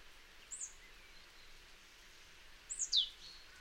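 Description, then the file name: Marsh tit calls: a faint high note early on, then after a pause a louder run of high notes ending in a sharp downslurred chip, over steady low hiss. "Poecile palustris"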